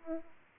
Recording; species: mosquito wingbeat signal from an infrared sensor; Aedes aegypti